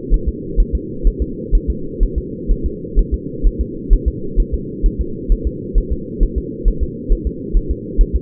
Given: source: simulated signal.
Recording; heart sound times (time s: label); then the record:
fetal heart sounds
0.14 s: S1
0.28 s: S2
0.60 s: S1
0.75 s: S2
1.07 s: S1
1.22 s: S2
1.55 s: S1
1.70 s: S2
2.03 s: S1
2.18 s: S2
2.51 s: S1
2.66 s: S2
2.99 s: S1
3.14 s: S2
3.47 s: S1
3.61 s: S2
3.93 s: S1
4.08 s: S2
4.40 s: S1
4.54 s: S2
4.86 s: S1
5.01 s: S2
5.32 s: S1
5.47 s: S2
5.78 s: S1
5.92 s: S2
6.23 s: S1
6.38 s: S2
6.68 s: S1
6.83 s: S2
7.12 s: S1
7.27 s: S2
7.57 s: S1
7.71 s: S2
8.01 s: S1
8.16 s: S2
From the record:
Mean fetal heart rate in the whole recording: 130 bpm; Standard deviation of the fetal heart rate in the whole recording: 4 bpm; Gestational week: 38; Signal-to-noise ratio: -4.3 dB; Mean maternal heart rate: 72 bpm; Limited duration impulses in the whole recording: absent